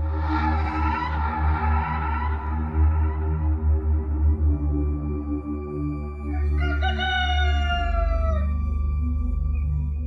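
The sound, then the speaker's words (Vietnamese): Two roosters crow in turn in a riverside fishing village, each a loud, drawn-out cock-a-doodle-doo with a bright, harmonic tone. A few seconds of quiet separate them, over a steady low background hum. “Tiếng gà gái nối tiếp nhau vang vọng khắp cả xóm chài ven sông.”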